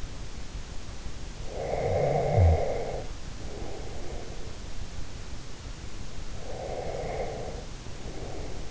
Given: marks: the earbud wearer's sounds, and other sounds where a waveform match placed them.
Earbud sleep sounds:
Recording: sounds in sleep by an in-ear microphone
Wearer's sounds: snoring breath, breath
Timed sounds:
1.35-4.60 s: snoring breath
6.46-8.71 s: breath

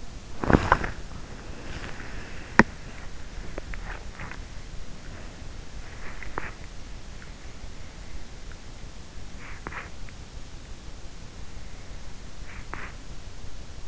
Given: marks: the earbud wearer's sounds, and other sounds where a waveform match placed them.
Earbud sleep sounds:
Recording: sounds in sleep by an in-ear microphone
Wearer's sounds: body movement, swallowing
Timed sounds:
0.00-13.88 s: body movement
3.38-4.61 s: swallowing

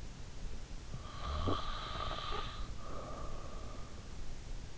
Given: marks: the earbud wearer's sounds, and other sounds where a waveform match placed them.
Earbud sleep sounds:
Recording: sounds in sleep by an in-ear microphone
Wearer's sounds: snoring breath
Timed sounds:
1.16-4.23 s: snoring breath

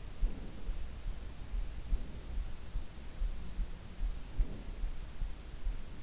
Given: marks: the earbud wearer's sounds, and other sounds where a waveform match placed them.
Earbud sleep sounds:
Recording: sounds in sleep by an in-ear microphone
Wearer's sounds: breath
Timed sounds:
0.12-0.81 s: breath
1.81-2.49 s: breath
4.17-4.89 s: breath

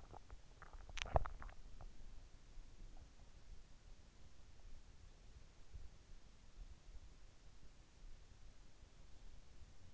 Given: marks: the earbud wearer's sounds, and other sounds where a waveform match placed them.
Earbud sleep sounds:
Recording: sounds in sleep by an in-ear microphone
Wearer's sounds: teeth grinding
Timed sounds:
0.00-1.77 s: teeth grinding

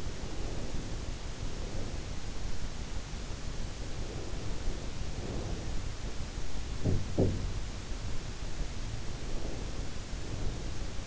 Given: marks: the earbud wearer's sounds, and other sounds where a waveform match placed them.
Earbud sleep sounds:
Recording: sounds in sleep by an in-ear microphone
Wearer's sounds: breath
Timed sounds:
0.00-2.10 s: breath
3.76-5.84 s: breath
6.72-7.79 s: sound from someone else or the room
8.96-11.07 s: breath

